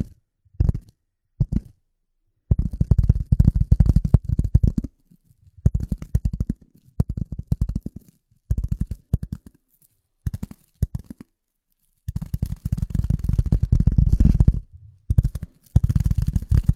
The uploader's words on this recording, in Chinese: 舒缓解压的敲击音。